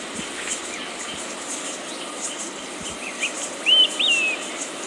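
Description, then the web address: Olive-sided flycatcher song heard once late: quick introductory note, rising whistle, then falling slurred whistle; rhythmic high insect chorus throughout. Recorded in Ecuador. "S America Birds of Ecuador. Olive-sided Flycatcher"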